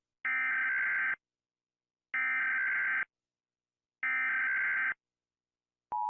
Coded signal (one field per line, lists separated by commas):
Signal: Emergency Alert System (SAME) tones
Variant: header bursts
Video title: idiot ranks eas alarms from different countries